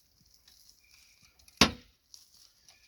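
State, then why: Torque reached. A click-type torque wrench set to 65 ft-lb tightens a strut-to-knuckle bolt on a Town & Country or Dodge Caravan front strut. After a few faint ticks, the wrench breaks over with one sharp, loud click at 1.6 s that rings briefly, and a lighter tick follows. The torque setting is reached.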